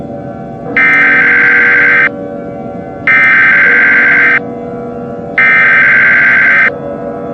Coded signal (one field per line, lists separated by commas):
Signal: Emergency Alert System (SAME) tones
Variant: header bursts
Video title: The H5N1 Influenza Virus Pandemic An EAS Scenario #easscenario #influenza